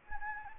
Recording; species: mosquito wingbeat signal from an infrared sensor; Anopheles gambiae